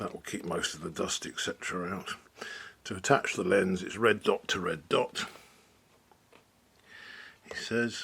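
Someone talks while a lens is lined up red dot to red dot on the bayonet mount of a Canon T50 camera body, ready to be twisted to lock. Only faint handling sounds follow in a quieter stretch around 6.4 and 6.8 seconds before the talking resumes. The lens has not locked or clicked into place yet.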